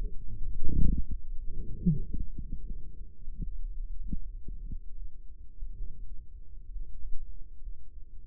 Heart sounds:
heart sounds by microphone in the right ear; 72 bpm
0.92 s: heartbeat
1.81 s: heartbeat
2.65 s: heartbeat
3.43 s: heartbeat
4.17 s: heartbeat
4.94 s: heartbeat
5.76 s: heartbeat
6.70 s: heartbeat
7.61 s: heartbeat
From the record:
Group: healthy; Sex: male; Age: 35 years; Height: 178 cm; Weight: 64 kg

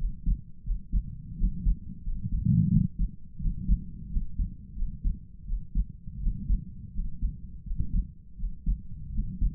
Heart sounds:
heart sounds by stethoscope; 85 bpm
0.63 s: heartbeat
1.36 s: heartbeat
2.02 s: heartbeat
2.69 s: heartbeat
3.38 s: heartbeat
4.08 s: heartbeat
4.74 s: heartbeat
5.44 s: heartbeat
6.18 s: heartbeat
6.91 s: heartbeat
7.62 s: heartbeat
8.35 s: heartbeat
9.10 s: heartbeat
From the record:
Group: healthy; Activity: rest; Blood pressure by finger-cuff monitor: 89/61 mmHg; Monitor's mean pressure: 68 mmHg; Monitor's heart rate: 82 bpm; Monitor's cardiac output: 5.4 L/min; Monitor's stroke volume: 64 mL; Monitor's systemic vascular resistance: 890 dyn s/cm5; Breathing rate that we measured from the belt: 24 breaths a minute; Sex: male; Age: 22 years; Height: 181 cm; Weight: 60 kg

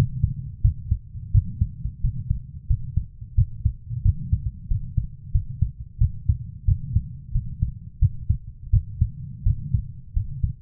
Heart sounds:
heart sounds by stethoscope; 88 bpm
0.62 s: heartbeat
1.32 s: heartbeat
2.01 s: heartbeat
2.67 s: heartbeat
3.35 s: heartbeat
4.03 s: heartbeat
4.68 s: heartbeat
5.32 s: heartbeat
5.98 s: heartbeat
6.65 s: heartbeat
7.32 s: heartbeat
7.99 s: heartbeat
8.71 s: heartbeat
9.44 s: heartbeat
10.14 s: heartbeat
From the record:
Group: healthy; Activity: rest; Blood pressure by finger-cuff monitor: 128/67 mmHg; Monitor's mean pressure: 88 mmHg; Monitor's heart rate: 90 bpm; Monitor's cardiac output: 8.1 L/min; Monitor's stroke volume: 91 mL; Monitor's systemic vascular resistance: 790 dyn s/cm5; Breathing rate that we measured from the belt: 23 breaths a minute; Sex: female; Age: 24 years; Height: 163 cm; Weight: 55.7 kg

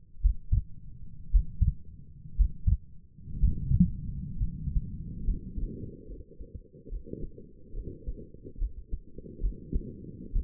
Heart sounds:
heart sounds by stethoscope; 65 bpm
0.21 s: heartbeat
1.30 s: heartbeat
2.36 s: heartbeat
3.39 s: heartbeat
4.36 s: heartbeat
5.25 s: heartbeat
6.07 s: heartbeat
6.89 s: heartbeat
7.74 s: heartbeat
8.59 s: heartbeat
9.41 s: heartbeat
10.33 s: heartbeat
From the record:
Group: healthy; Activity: breath hold 0-3 s, rest 3-10 s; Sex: female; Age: 28 years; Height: 170 cm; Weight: 77 kg

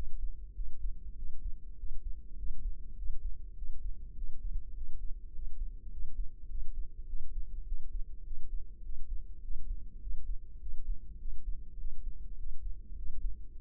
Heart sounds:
heart sounds by microphone in the left ear; 101 bpm
0.56 s: heartbeat
1.17 s: heartbeat
1.78 s: heartbeat
2.38 s: heartbeat
2.98 s: heartbeat
3.57 s: heartbeat
4.17 s: heartbeat
4.76 s: heartbeat
5.34 s: heartbeat
5.92 s: heartbeat
6.50 s: heartbeat
7.08 s: heartbeat
7.67 s: heartbeat
8.26 s: heartbeat
8.84 s: heartbeat
9.43 s: heartbeat
10.02 s: heartbeat
10.61 s: heartbeat
11.20 s: heartbeat
11.79 s: heartbeat
12.38 s: heartbeat
12.97 s: heartbeat
13.56 s: heartbeat
From the record:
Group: healthy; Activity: cold pressor test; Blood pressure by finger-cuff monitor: 140/93 mmHg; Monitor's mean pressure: 110 mmHg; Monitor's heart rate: 102 bpm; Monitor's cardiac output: 7.7 L/min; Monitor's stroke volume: 76 mL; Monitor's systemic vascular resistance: 1070 dyn s/cm5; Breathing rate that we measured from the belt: 18 breaths a minute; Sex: male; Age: 21 years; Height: 175 cm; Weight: 72.6 kg

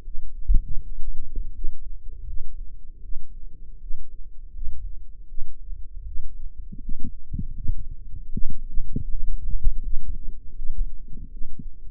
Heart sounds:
heart sounds by microphone in the left ear; 80 bpm
0.01 s: heartbeat
0.78 s: heartbeat
1.50 s: heartbeat
2.23 s: heartbeat
2.99 s: heartbeat
3.77 s: heartbeat
4.50 s: heartbeat
5.25 s: heartbeat
6.02 s: heartbeat
6.77 s: heartbeat
7.52 s: heartbeat
8.29 s: heartbeat
9.06 s: heartbeat
9.79 s: heartbeat
10.52 s: heartbeat
11.28 s: heartbeat
From the record:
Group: healthy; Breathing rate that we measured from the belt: 21 breaths a minute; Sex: female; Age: 22 years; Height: 171 cm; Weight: 65.6 kg

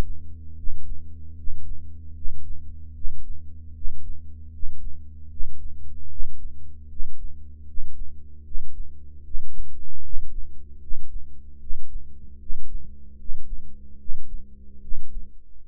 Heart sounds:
heart sounds by microphone in the right ear; 76 bpm
0.55 s: heartbeat
1.34 s: heartbeat
2.13 s: heartbeat
2.92 s: heartbeat
3.72 s: heartbeat
4.50 s: heartbeat
5.28 s: heartbeat
6.08 s: heartbeat
6.87 s: heartbeat
7.65 s: heartbeat
8.42 s: heartbeat
9.22 s: heartbeat
10.01 s: heartbeat
10.78 s: heartbeat
11.58 s: heartbeat
12.37 s: heartbeat
13.16 s: heartbeat
13.97 s: heartbeat
14.79 s: heartbeat
15.63 s: heartbeat
From the record:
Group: healthy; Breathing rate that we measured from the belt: 20 breaths a minute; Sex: male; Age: 35 years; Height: 180 cm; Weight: 86.9 kg

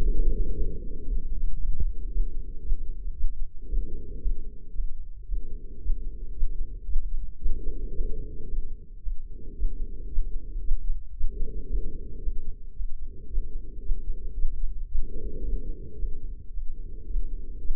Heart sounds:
heart sounds by microphone in the left ear; 113 bpm
0.04 s: heartbeat
0.54 s: heartbeat
1.05 s: heartbeat
1.57 s: heartbeat
2.09 s: heartbeat
2.61 s: heartbeat
3.14 s: heartbeat
3.66 s: heartbeat
4.19 s: heartbeat
4.72 s: heartbeat
5.26 s: heartbeat
5.79 s: heartbeat
6.33 s: heartbeat
6.86 s: heartbeat
7.39 s: heartbeat
7.92 s: heartbeat
8.46 s: heartbeat
9.00 s: heartbeat
9.54 s: heartbeat
10.08 s: heartbeat
10.61 s: heartbeat
11.14 s: heartbeat
11.67 s: heartbeat
12.20 s: heartbeat
12.73 s: heartbeat
13.27 s: heartbeat
13.81 s: heartbeat
14.34 s: heartbeat
14.88 s: heartbeat
15.42 s: heartbeat
15.96 s: heartbeat
16.50 s: heartbeat
17.05 s: heartbeat
17.60 s: heartbeat
From the record:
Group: healthy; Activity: rest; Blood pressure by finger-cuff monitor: 116/59 mmHg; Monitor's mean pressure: 80 mmHg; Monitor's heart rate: 115 bpm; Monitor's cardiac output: 10 L/min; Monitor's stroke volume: 87 mL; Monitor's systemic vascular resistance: 570 dyn s/cm5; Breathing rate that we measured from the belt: 16 breaths a minute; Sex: female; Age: 43 years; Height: 160 cm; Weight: 90 kg

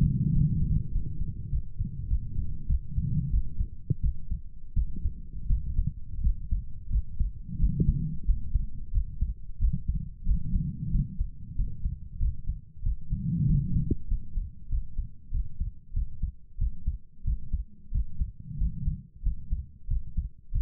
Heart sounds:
heart sounds by stethoscope; 92 bpm
0.31 s: heartbeat
0.90 s: heartbeat
1.49 s: heartbeat
2.06 s: heartbeat
2.66 s: heartbeat
3.29 s: heartbeat
4.00 s: heartbeat
4.72 s: heartbeat
5.46 s: heartbeat
6.20 s: heartbeat
6.88 s: heartbeat
7.57 s: heartbeat
8.24 s: heartbeat
8.90 s: heartbeat
9.57 s: heartbeat
10.24 s: heartbeat
10.90 s: heartbeat
11.55 s: heartbeat
12.18 s: heartbeat
12.82 s: heartbeat
13.45 s: heartbeat
14.07 s: heartbeat
14.68 s: heartbeat
15.30 s: heartbeat
15.92 s: heartbeat
16.57 s: heartbeat
17.23 s: heartbeat
17.90 s: heartbeat
18.56 s: heartbeat
19.21 s: heartbeat
19.86 s: heartbeat
20.51 s: heartbeat
From the record:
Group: healthy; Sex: female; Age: 32 years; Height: 172 cm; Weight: 71.7 kg

